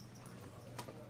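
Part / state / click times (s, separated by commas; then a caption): metal shackle of a wheel combination padlock / released / 0.8 s. A metal shackle of a wheel-combination padlock is pulled while each wheel is turned until it clicks into place. Once the last wheel aligns, the gate is exposed and the shackle releases with a sharp, bright pop at 0.8 s over a low steady hum. The lock is released and the shackle pops open.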